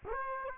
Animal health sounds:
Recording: mosquito wingbeat signal from an infrared sensor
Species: Aedes aegypti

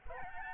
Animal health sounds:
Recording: mosquito wingbeat signal from an infrared sensor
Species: Aedes albopictus

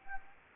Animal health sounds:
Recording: mosquito wingbeat signal from an infrared sensor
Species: Anopheles gambiae

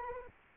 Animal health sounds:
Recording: mosquito wingbeat signal from an infrared sensor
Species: Anopheles arabiensis

